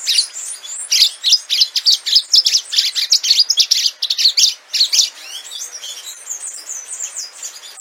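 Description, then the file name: Orange-fronted yellow finch song: dense high chirping phrases for about five seconds, then trailing off into fainter, scattered twitters. "canto do canario do amazonas"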